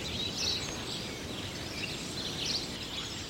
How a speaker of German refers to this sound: Polks winziger brauner Spatzen stoben hoch und flüchteten wild flatternd in höheres Geäst.